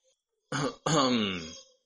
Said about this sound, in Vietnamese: Thiếu niên lập tức nghiêm sắc mặt hắng giọng, nói.